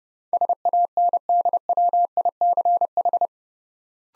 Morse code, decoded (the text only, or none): SANDWICH